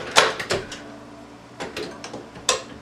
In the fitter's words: You hear that click? Now there's no way I can pull that handle, it locks it up